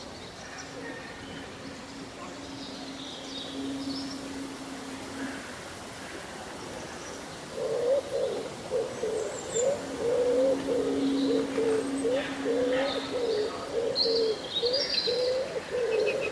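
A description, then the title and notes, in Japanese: A breezy summer day with rustling leaves and birdsong. A soft steady hiss runs throughout, with a low humming tone in the first five seconds. From about eight seconds a pigeon or dove coos in a rapid repeating pattern, while small bright chirps come and go above. そよ風の吹く夏の日、ざわめく葉と鳥のさえずり。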